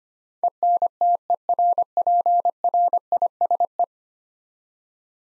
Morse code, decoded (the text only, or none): ENTERPRISE